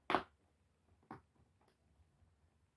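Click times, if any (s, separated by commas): 0.1 s, 1.1 s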